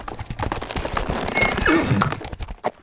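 A horse being reined to a stop after a hard day-and-night gallop, at the foot of Qingnan Mountain, lets out a loud, wavering whinny that falls in pitch, over a busy patter of hoofbeats that slows and stops, with no voices.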